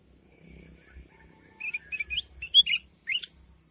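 Sooty-headed bulbul song: a brief phrase of several lively chirped notes after a quiet start with faint low hum.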